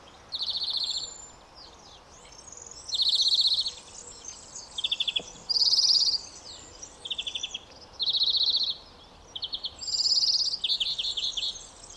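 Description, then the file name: European greenfinch trills, bright rattling series of rapid notes, alternating slightly higher and lower phrases roughly every couple of seconds, with faint hiss behind. "Chloris chloris"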